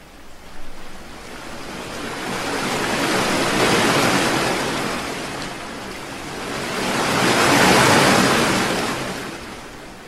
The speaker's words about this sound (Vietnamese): Hết đợt sóng này đến đợt sóng khác ập tới từ phía bóng tối mịt mùng, rồi lại tan biến vào trong bóng tối, không để lại một chút dấu vết nào, dù chỉ là nhỏ nhất, như chúng chưa từng xuất hiện bao giờ.